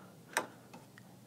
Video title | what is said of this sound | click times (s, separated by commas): New Janome Continental M17 Unboxing & Review! | pops it free and it very freely and easily slides right out it | 0.4 s